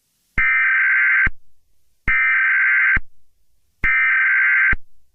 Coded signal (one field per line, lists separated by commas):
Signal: Emergency Alert System (SAME) tones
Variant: header bursts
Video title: EAS scenario 18: Halloween Horror part 3 (final chapter)